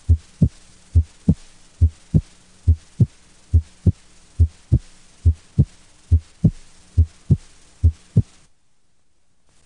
Increased intensity of P2. Congestive heart failure, mitral stenosis, and other diseases can increase the intensity of P2. When P2 increases in intensity, it is sometimes heard over the mitral area and along the left sternal border.